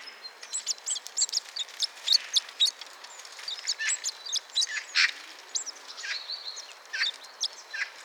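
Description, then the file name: Eurasian blue tit giving rapid, high chirps repeated irregularly. "Cyanistes caeruleus"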